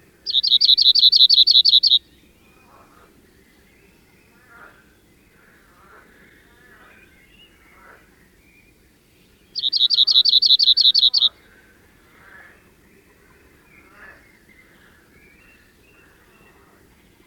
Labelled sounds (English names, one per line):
Cirl Bunting song